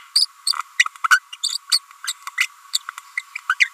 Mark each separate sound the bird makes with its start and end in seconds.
0.15-0.26, 0.46-0.52, 0.79-0.84, 1.10-1.19, 1.32-1.35, 1.43-1.49, 1.72-1.78, 2.07-2.12, 2.40-2.46, 2.74-2.77, 3.35-3.38, 3.49-3.54, 3.60-3.67